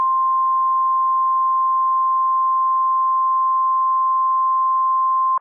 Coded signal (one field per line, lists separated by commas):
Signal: Emergency Alert System (SAME) tones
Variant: 1050 Hz attention tone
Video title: Northern IND Madness - EAS Alerts from 3/26/26 (EAS #746 - #754)